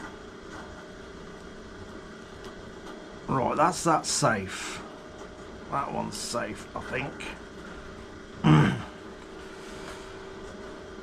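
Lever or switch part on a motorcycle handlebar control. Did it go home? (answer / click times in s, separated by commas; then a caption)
no / none. A lever or switch part on a motorcycle handlebar control is being handled while someone talks, with a low steady background hum and a brief louder burst near 8.5 seconds. Nothing has seated or clicked yet; the part has not gone home by the end.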